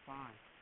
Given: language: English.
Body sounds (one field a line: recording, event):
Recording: throat vibration sensor signal played as sound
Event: speech